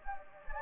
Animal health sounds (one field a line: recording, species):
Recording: mosquito wingbeat signal from an infrared sensor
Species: Anopheles gambiae